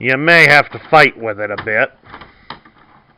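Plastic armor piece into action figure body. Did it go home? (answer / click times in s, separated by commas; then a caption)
no / none. Someone talks while pushing a plastic armor piece onto a Transformers Kingdom Ultra Magnus action figure body, working it over a stiff, rough connection. After the talking stops, quiet plastic handling follows with a brief sharp knock near 2.5 s. Nothing has seated or clicked yet.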